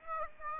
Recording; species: mosquito wingbeat signal from an infrared sensor; Aedes aegypti